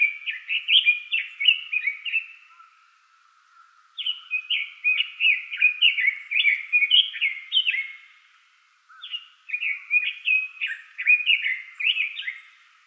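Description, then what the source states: Long-tailed tit song: three bursts of quick, high chirping notes that twitter up and down, separated by short silent gaps, with a faint steady tone underneath. Recorded on 24 March 2015.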